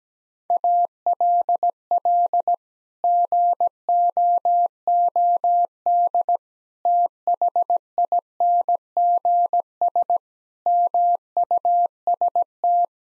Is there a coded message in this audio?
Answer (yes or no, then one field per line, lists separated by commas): yes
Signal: Morse code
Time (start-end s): 0.5-12.9 s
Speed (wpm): 17 wpm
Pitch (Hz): 700 Hz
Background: none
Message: ALL GOOD THINGS MUST